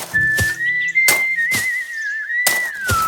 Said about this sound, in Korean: 주인의 명령을 잘 따르는 일꾼은 주인이 명령한 대로 일을 하면서 휘파람을 불었어요.